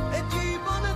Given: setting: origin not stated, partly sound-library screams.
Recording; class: one-second piece from a danger detection set; normal situation